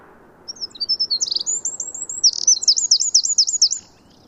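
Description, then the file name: Eurasian wren delivering a loud, very high rapid song of twittering notes and trills running for over three seconds, with a steady low hiss beneath. "Troglodytes troglodytes"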